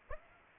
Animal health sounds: mosquito wingbeat signal from an infrared sensor; Aedes aegypti

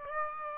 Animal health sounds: mosquito wingbeat signal from an infrared sensor; Aedes aegypti

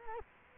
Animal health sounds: mosquito wingbeat signal from an infrared sensor; Culex quinquefasciatus

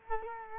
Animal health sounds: mosquito wingbeat signal from an infrared sensor; Culex quinquefasciatus

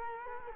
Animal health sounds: mosquito wingbeat signal from an infrared sensor; Culex quinquefasciatus

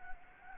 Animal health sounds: mosquito wingbeat signal from an infrared sensor; Anopheles gambiae

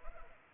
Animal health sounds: mosquito wingbeat signal from an infrared sensor; Culex pipiens

